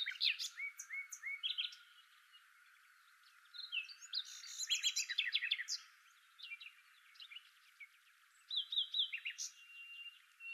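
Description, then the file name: Common nightingale song in separate phrases: sliding whistles, a loud rapid rattling trill in the middle, then repeated sharp notes after a pause. "Luscinia megarhynchos"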